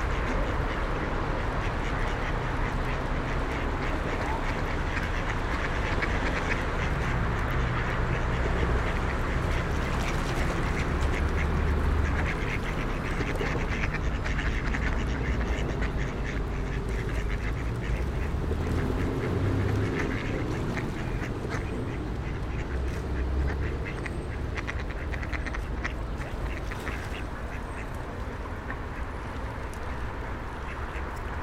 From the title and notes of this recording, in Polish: Kaczki i gołębie na Promenadzie Staromiejskiej. Lokalizacja: Stare Miasto. Kaczki i gołębie karmione przez przechodniów. Rekorder, mikrofon: sony pcm d50, mic rode nt4, FEL BMA preamplifier.